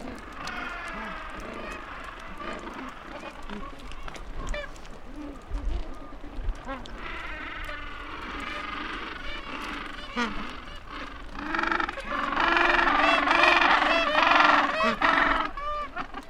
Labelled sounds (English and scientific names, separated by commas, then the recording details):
Gentoo Penguin (Pygoscelis papua) call
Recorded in the wild
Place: Mikkelsen Harbour (Borget Point), Antarctica, AQ
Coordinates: -63.53, -60.44
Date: 2018-12-30
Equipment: Olympus LS-100, Sennheiser ME66
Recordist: Beaulieu, Michaël